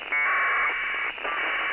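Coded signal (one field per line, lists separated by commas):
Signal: packet radio (AX.25, as in APRS)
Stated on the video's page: APRS received on an SDRplay RSP SDR with SDRuno.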